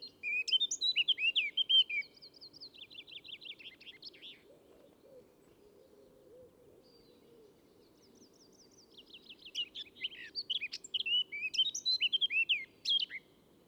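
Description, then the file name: Eurasian blackcap giving fast, twittering, scratchy phrases in two bursts, with a quiet gap of several seconds between them and a faint low rumble throughout. "Sylvia atricapilla"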